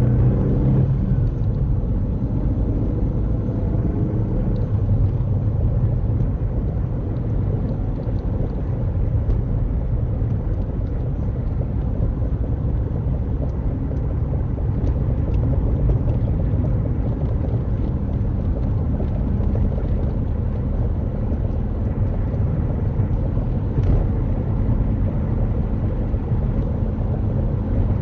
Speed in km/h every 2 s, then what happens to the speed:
53, 60, 61, 66, 66, 66, 69, 71, 74, 74, 76, 77, 79, 79.
0-23 speeds up to 79.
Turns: none.